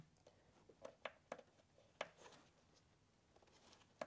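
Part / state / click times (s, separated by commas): plastic pipe quick-connector onto inlet manifold stub / seated / 2.0 s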